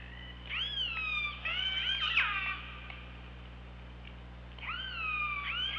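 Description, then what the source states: Killer whale calls, overlapping bending harmonic tones rising and sliding down for over two seconds, a gap, then another wavering call, above a constant low hum. OrcaLab hydrophone, 24 August 2017, 15:21.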